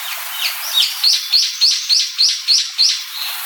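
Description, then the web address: Brown-eared bulbul calls: a rapid, regular series of short, high, sharp chirping notes, growing stronger over the first few notes and then holding steady. "sikioto. hiyodori"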